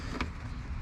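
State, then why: Not seated. Black plastic retaining clips removed from a Ford Fusion door are being pushed back into the interior trim panel so the panel can later snap back onto the door. A brief sharp sound comes at 0.2 s over steady low background noise. Nothing has seated or clicked yet.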